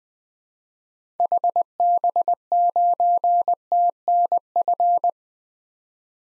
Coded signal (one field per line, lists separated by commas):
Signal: Morse code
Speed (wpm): 20 wpm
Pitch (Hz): 700 Hz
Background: none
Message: HB9TNF